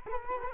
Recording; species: mosquito wingbeat signal from an infrared sensor; Culex quinquefasciatus